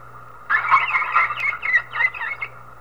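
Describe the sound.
Whale calls: a burst of overlapping squeals and warbling whistles with wavering pitch, lasting about two seconds, over a low steady hum.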